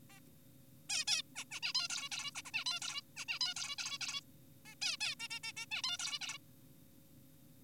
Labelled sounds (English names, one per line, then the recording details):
Zebra Finch
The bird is an adult
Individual g4p5U